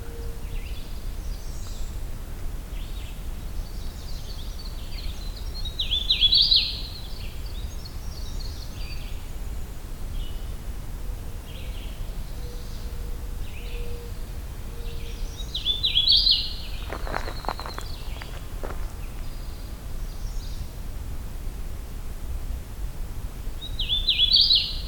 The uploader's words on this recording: The Hike Back, Part 2 (Winter Wren). Conclusion of the Hector Falls hike.